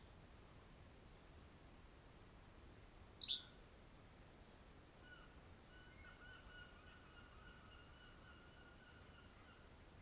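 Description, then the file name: Yellow-bellied flycatcher singing one brief, abrupt note, with faint thin whistles and high chips from other birds in the background. "YBFL SONG - Yellow-bellied Flycatcher - Empidonax flaviventris"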